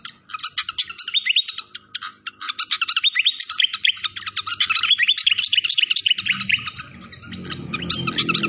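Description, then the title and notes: Malaysian pied fantail song: continuous rapid chirps and squeaky whistled slurs, with a low rushing noise growing toward the end. Clear-voiced song used for training cage birds, mixed with the sound of flowing water. "Masteran Sikatan Kipas Suara Jernih Dan Suara Gemericik Air. Suara Burung Sikatan Londo"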